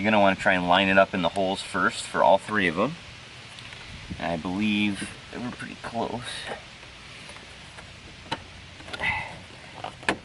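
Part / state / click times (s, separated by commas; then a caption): plastic trim tabs into car door panel holes / seated / 8.3 s, 8.9 s, 10.1 s. Someone talks while lining up the three plastic tabs of an interior door trim piece with their holes on a Hyundai Tiburon door panel, then pushes it in. Sharp clicks at 8.3, 8.9 and 10.1 seconds mark the tabs snapping into the holes, and the trim piece is seated.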